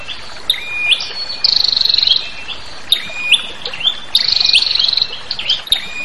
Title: Suara Prenjak Ribut. Pikat Burung Prenjak Kepala Merah Prenjak Tamu